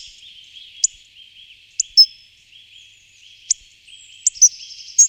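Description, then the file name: Hawfinch calls: scattered sharp, metallic clicks, some in quick pairs, above a persistent high drone. "Dubonos"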